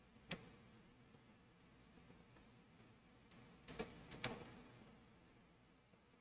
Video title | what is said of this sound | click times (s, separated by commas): Building LEGO Plants LIVE! -- Ep. 5 | these have a nice satisfying like click into place | 0.3 s, 3.7 s, 4.2 s